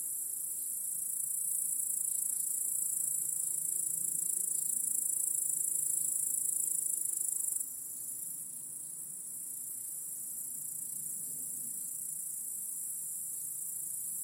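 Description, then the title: Cricket chorus producing an unbroken high-pitched trill, with a faint low rumble underneath; the chorus drops noticeably softer partway through. Chorus of crickets in a home backyard, heard in the evening as day turns to night. "Crickets in Your Backyard 🏡"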